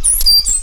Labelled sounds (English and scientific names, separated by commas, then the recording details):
Stitchbird (Notiomystis cincta) song
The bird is a male
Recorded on Tiritiri Matangi Island, New Zealand, in 2005
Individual 8, of nest box 10